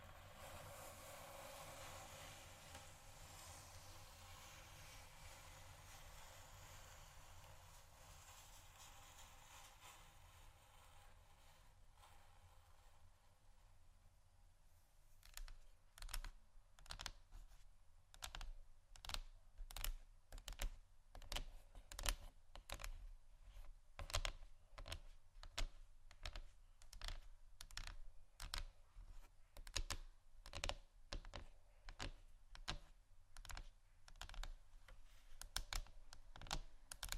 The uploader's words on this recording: ASMR Tap & Scratch On Table Surfaces （No Talking）.